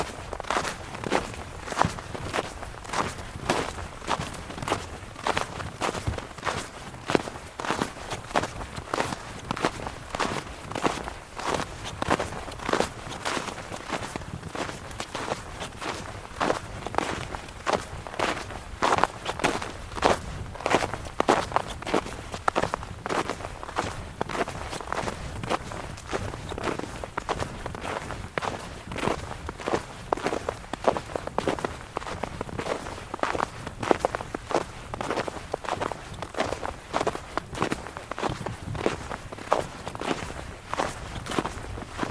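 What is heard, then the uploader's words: Footsteps crunch through snow on Parnassos mountain in Greece, a steady walking rhythm of crisp, gritty squeaks and crunches repeating about twice per second for the whole forty-two seconds. The pace stays even throughout, with a faint low rumble underneath. Snow walk in Parnassos mt, Greece. Walking in snow at Parnassos mountain.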